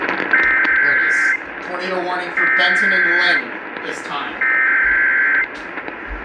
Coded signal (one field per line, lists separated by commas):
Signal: Emergency Alert System (SAME) tones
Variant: header bursts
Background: speech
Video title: RECORD-BREAKING NIGHT - EAS Alerts from 07/14/2021 (EAS #188-225)